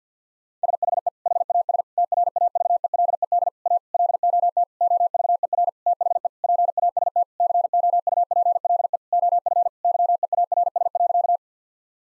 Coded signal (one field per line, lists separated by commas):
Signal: Morse code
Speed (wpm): 50 wpm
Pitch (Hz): 700 Hz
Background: none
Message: SHE HAS TRAVELED A LOT OVER THE PAST COUPLE OF YEARS.